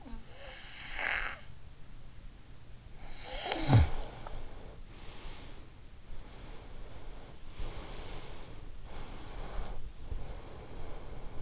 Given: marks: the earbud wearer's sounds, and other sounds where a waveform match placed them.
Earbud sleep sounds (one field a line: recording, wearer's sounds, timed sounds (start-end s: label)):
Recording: sounds in sleep by an in-ear microphone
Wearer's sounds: snoring breath, breath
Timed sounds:
0.00-1.79 s: snoring breath
3.01-5.56 s: snoring breath
6.32-8.52 s: breath
9.05-11.42 s: breath